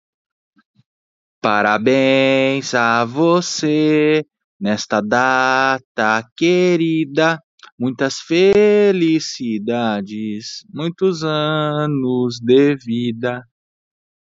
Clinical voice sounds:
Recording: short text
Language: Brazilian Portuguese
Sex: male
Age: 30 to 39 years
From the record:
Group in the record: control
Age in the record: 36 years

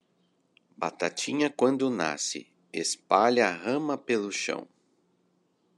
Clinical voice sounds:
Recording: short text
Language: Brazilian Portuguese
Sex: male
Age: 40 to 49 years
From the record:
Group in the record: control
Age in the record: 43 years

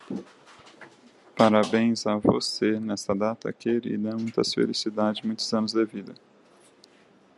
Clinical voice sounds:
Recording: short text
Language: Brazilian Portuguese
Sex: male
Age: 30 to 39 years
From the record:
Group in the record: control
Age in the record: 33 years

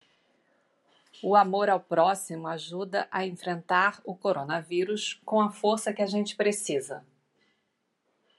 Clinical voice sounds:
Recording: spoken sentence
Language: Brazilian Portuguese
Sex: female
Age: 50 to 59 years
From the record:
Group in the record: control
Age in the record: 51 years

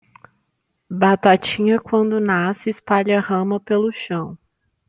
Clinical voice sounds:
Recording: short text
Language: Brazilian Portuguese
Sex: female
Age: 20 to 29 years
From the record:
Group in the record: control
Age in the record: 23 years

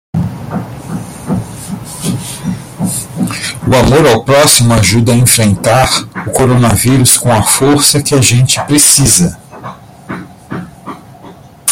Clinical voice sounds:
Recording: spoken sentence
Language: Brazilian Portuguese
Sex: male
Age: 50 to 59 years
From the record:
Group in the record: control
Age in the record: 59 years

